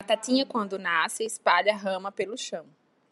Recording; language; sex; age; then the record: short text; Brazilian Portuguese; female; 30 to 39 years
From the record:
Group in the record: control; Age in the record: 35 years